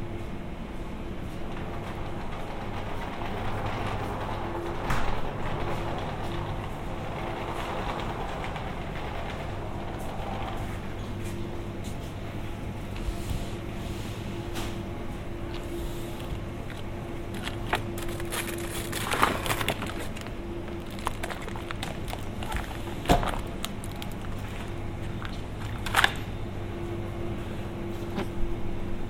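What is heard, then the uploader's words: Inside a grocery store, a steady low refrigeration hum fills the space, with faint voices, clatters and sharp knocks around 19, 23 and 26 seconds. Binaural trip to the grocery store.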